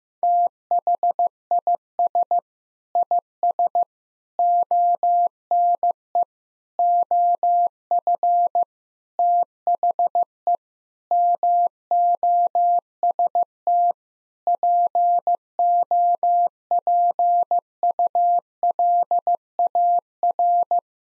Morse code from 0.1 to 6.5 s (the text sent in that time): THIS IS ONE